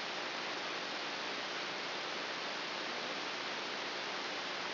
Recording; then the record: brain microelectrode recording played as sound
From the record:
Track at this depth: inside the subthalamic nucleus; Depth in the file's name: 4.401 mm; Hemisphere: right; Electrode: 3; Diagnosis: Parkinson's disease